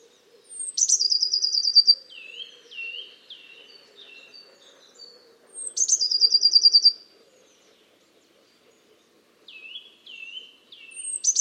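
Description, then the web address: Eurasian blue tit song: a high note sliding into a fast buzzy trill, followed by soft downslurred notes, with the trill coming back about every five seconds over a faint low hum. "Deverinetal 2025 File origin Bird Only Cy Ca"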